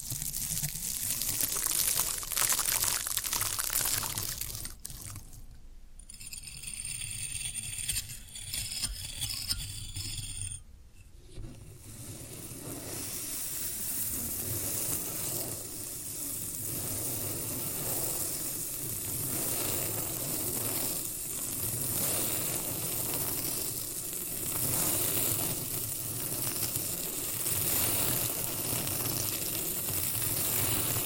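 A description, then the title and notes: Floral foam crackles and fizzes in a dense, steady rustle, easing around five to eleven seconds into a thin bright hiss. ASMR Satisfying Tingle Stimulating Floral Foam Sounds for Sleep (No Talking).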